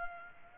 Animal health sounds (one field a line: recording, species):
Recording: mosquito wingbeat signal from an infrared sensor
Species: Culex pipiens